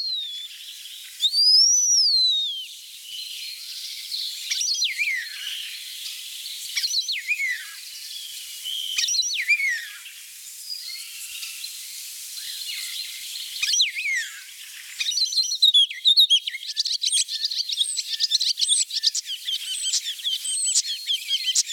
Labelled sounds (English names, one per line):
European Starling song